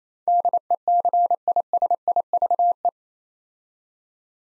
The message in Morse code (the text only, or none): DECISIVE